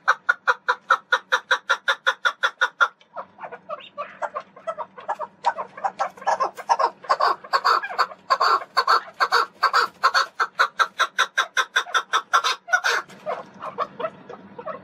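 Partridge calling in a long run of rapid, evenly repeated clucking notes, then continuing in a denser, rougher run of calls.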